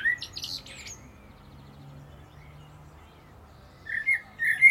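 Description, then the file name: Common blackbird calls: a burst of sharp high notes at the start, then quiet, then several brief chirping notes near the end. "Turdus merula"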